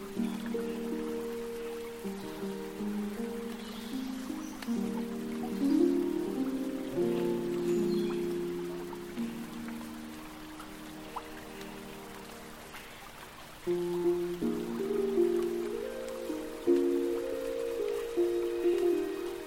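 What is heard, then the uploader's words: Forest sounds with music: sustained low tones shift every few seconds under a faint patter like dripping rain, with occasional soft clicks. Elven cafe in the forest | relaxing fantasy harp | gentle water flowing | light raindrops. Gentle sound of running stream. Light raindrops on tree & umbrella. Forest sounds w/music.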